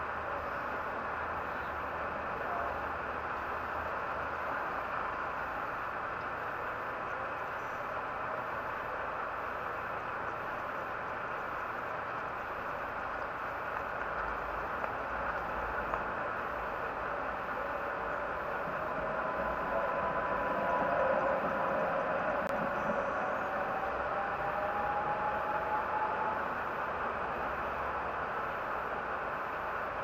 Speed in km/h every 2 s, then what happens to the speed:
1, 1, 1, 1, 1, 1, 1, 1, 1, 1, 1, 1, 1, 1, 1.
0-30 standing.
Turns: none.